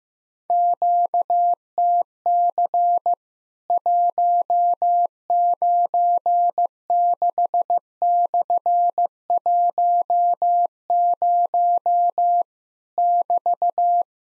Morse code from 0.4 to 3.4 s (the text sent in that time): QTC